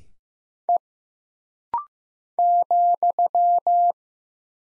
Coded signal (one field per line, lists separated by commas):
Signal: Morse code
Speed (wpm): 15 wpm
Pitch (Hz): 700 Hz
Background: none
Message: E ,